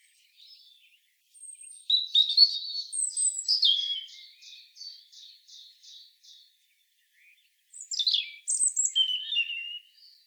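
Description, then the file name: European robin song opening with a quick warbled phrase, followed by a trill of evenly repeated high notes, then a fresh burst of sliding, falling twitters. "Erithacus rubecula"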